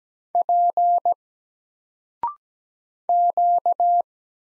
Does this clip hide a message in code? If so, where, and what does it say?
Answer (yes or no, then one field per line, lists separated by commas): yes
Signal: Morse code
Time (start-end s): 0.3-4.0 s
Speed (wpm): 17 wpm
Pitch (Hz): 700 Hz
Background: none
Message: P Q